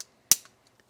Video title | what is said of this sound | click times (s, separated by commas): Most 3D printed fidget toys have one fatal flaw and we're going to fix it! | So, that one snaps really well. | 0.3 s